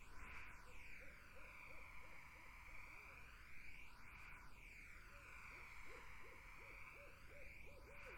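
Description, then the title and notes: Barred owls giving two quick series of clipped, bouncing hoots, with a constant shrill insect chorus and sweeping, phased ambience behind. Wetland in summer. "Barred Owls in a Summer Wetland. The Wild Life"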